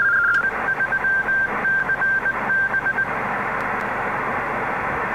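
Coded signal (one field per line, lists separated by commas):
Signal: HF data modem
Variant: PACTOR III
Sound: quick two-tone warble, then rhythmic hissy data bursts with a broken tone, then steady wide hiss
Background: radio static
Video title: Winlink Pactor 3 connection using Airmail v3.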